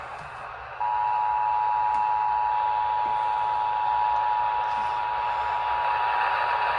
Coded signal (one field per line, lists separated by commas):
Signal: Emergency Alert System (SAME) tones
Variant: 853 and 960 Hz attention tone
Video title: KKXX CAUGHT IT A TEST... EAS Alerts from June 2025 (EAS#4,153 - #4,197)